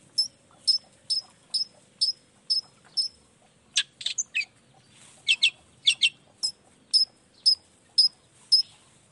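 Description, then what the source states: Long-tailed shrike repeating thin high chirps, broken midway by a few harsh, rasping notes, then resuming the steady chirps. Shrike in full song in the morning, used to stimulate lazy, silent shrikes to start singing; 'toet toet' sound variation.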